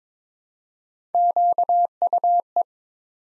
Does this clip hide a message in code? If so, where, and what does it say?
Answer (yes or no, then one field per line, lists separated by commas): yes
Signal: Morse code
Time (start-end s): 1.1-2.6 s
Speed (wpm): 22 wpm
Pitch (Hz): 700 Hz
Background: none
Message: QUE